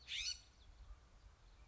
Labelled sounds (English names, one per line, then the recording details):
California Scrub-Jay
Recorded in Sonoma County, California